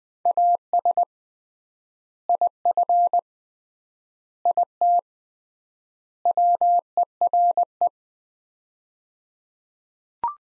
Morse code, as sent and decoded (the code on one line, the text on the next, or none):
.- ... / .. ..-. / .. - / .-- . .-. .
AS IF IT WERE